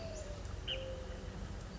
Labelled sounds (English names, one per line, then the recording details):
Mourning Dove
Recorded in Sonoma County, California